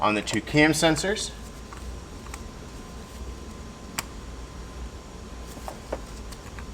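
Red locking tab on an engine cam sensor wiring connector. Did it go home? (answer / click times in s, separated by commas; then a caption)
no / none. Someone talks over the handling of the red locking tabs on the wiring connectors of the two engine cam sensors, which are being pushed by hand. After the talk, a few faint, sharp ticks from handling stand out against a quiet background. Nothing has seated or clicked yet.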